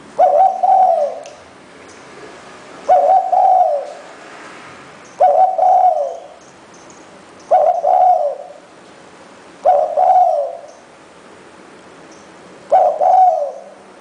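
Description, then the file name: Spotted dove cooing, a low two-part hoarse coo repeated about every two to three seconds, six phrases in all, each with a short first note then a longer slurred one. "นกเขาใหญ่"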